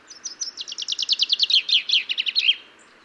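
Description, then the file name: Common chaffinch with a lively descending trill of repeated chips that grows louder before a final flourish, followed by silence. "Fringilla coelebs"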